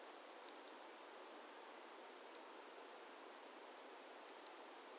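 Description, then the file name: European robin calls as brief, high, dry ticks: a quick double tick, a single tick in the middle, then another double tick, with soft background hiss. "Erithacus rubecula"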